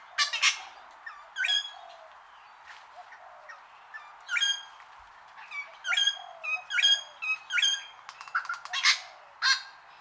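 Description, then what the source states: Wattlebird calls: repeated harsh, nasal squawks with layered harmonics, irregularly spaced and becoming denser and more rapid in the second half. A long call.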